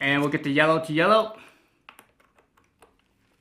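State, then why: Not seated. A yellow-marked plastic side brush is fitted onto the yellow hub under a Veavon V8 robot vacuum, matching the color coding. Someone talks for the first 1.5 seconds, then small handling taps and clicks follow, the sharpest near 1.9 seconds. Nothing has seated or snapped in yet.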